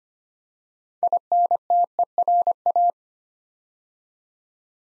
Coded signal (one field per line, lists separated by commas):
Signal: Morse code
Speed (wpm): 25 wpm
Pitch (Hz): 700 Hz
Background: none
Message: INTERA